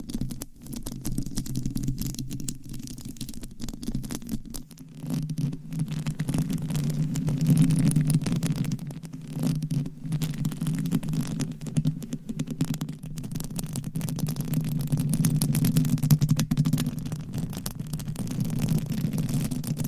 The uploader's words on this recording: ASMR with 200 MICS! Different Mic Covers & Nails Mic Scratching , Massage & More No Talking.